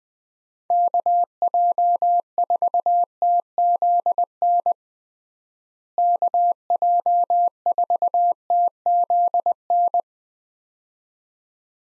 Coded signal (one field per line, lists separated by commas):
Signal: Morse code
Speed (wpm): 21 wpm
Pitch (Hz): 700 Hz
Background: none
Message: KJ4TZN KJ4TZN